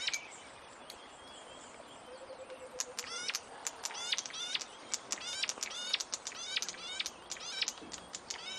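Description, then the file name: Warbler calls: rapid high, sweeping notes in quick bursts, some close together in chattering runs, over a low background hiss. "audio hero Bird Warbler"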